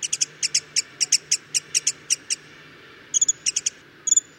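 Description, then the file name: Black-headed sibia uttering sharp, high chipping notes singly and in small groups, with a silent spell before the final groups. "sibia kepala hitam omkicau"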